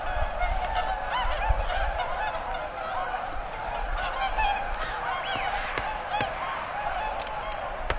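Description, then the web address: Swans giving constant overlapping honking calls, with a few sharp clicks and low background noise. Recorded 16 November 2007. "swan 20071116"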